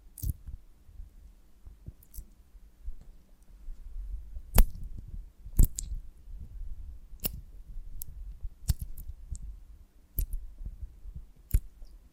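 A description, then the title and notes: Honeycomb on a branch being handled, with soft, low thumps and rustles running throughout. Sharp, bright clicks or crackles stand out every second or two, notably around 4.5, 5.6, 7.3 and 11.5 seconds, over an otherwise quiet background. ASMR of a Honeycomb on Branch (No Talking).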